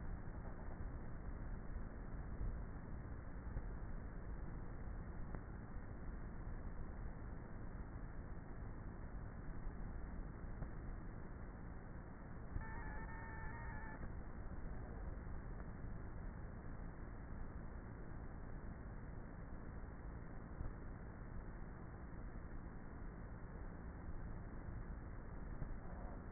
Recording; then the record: honeybee colony, microphone inside the hive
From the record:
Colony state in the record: queenless with a low population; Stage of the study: before two queens were removed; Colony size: about 30,000 bees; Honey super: no